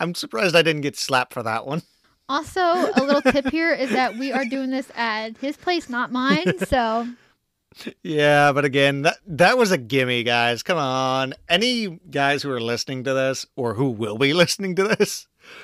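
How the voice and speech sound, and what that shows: One adult speaks casually and fluently in a quiet small room, with relaxed pacing, a few short pauses, a brief repeated word and a light laugh near the end. Voice quality and articulation sound ordinary.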